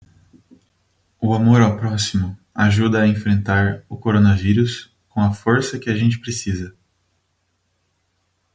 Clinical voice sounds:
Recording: spoken sentence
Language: Brazilian Portuguese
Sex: male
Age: 20 to 29 years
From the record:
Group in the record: control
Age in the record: 22 years

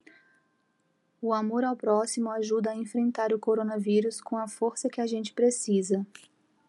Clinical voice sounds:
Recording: spoken sentence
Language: Brazilian Portuguese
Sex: female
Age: 30 to 39 years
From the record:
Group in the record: control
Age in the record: 38 years

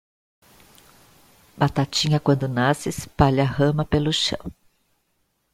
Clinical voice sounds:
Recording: short text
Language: Brazilian Portuguese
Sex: female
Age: 50 to 59 years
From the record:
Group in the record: control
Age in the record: 57 years

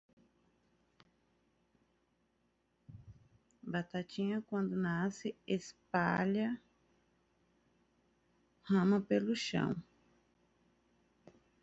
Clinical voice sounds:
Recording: short text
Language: Brazilian Portuguese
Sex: female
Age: 30 to 39 years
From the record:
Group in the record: control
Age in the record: 37 years

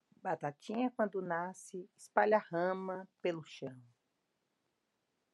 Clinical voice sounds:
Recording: short text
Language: Brazilian Portuguese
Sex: female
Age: 30 to 39 years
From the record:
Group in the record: control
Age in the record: 39 years

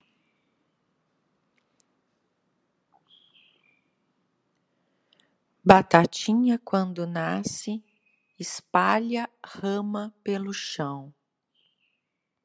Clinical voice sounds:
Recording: short text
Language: Brazilian Portuguese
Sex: female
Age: 50 to 59 years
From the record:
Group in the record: control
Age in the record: 53 years

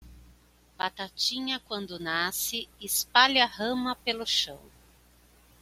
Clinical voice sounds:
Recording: short text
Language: Brazilian Portuguese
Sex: female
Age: 40 to 49 years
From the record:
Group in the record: control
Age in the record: 49 years

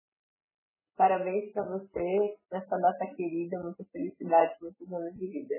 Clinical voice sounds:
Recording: short text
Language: Brazilian Portuguese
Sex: female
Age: 30 to 39 years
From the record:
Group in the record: control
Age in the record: 36 years

